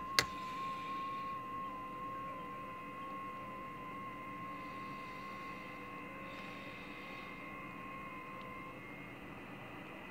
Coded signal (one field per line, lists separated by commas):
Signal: FT8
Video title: Z81D, South Sudan, AFRICA, FT8, Worked by HL2WA